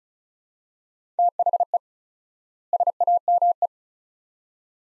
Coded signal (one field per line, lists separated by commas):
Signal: Morse code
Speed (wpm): 36 wpm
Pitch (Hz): 700 Hz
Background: none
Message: THE SAME